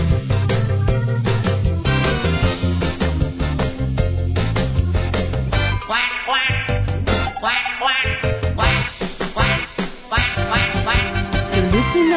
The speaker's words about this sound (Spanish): Que es muy divertida, todo el día se ría carcajadas con su cuac, cuac, cuac, por aquí, por allá, porque hoy es un día especial.